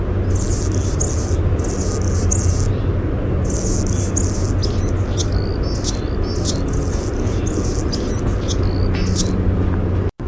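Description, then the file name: Anna's hummingbird song: repeated high, buzzy, scratchy phrases mixed with sharp ticking clicks, continuing over a loud low rumble. "ANHU song"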